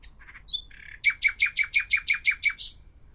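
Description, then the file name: Common nightingale song: a few soft notes and a pure whistle, then a loud burst of about nine rapid repeated chirps, ending in a higher rasping note. "Luscinia megarhynchos"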